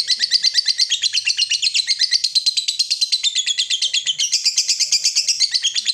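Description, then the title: Yellow-vented bulbul call sequence: fast, bubbly chattering of high notes, steady and unbroken, with the pitch stepping up slightly near the end. Used as a bird lure (pikat). "PIKAT TRUCUKAN"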